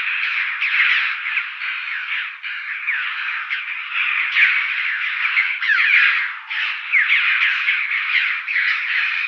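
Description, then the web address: Chough calls almost without pause, a dense stream of harsh, squealing notes. "Schulze Peter Chough calls"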